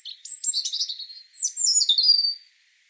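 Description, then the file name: European robin song: two quick high phrases of thin whistles and rapid tinkling trills, the second starting high near 1.4 seconds and sliding down before ending. "Erithacus rubecula"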